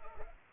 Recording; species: mosquito wingbeat signal from an infrared sensor; Culex pipiens